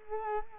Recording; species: mosquito wingbeat signal from an infrared sensor; Culex quinquefasciatus